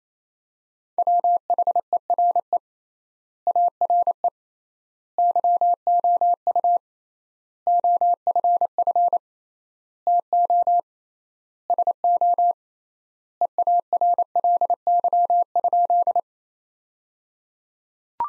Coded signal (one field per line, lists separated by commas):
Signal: Morse code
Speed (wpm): 28 wpm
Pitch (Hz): 700 Hz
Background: none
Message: WHERE ARE YOU OFF TO SO EARLY?